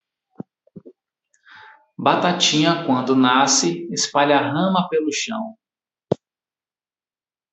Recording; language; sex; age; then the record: short text; Brazilian Portuguese; male; 40 to 49 years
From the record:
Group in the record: control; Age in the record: 43 years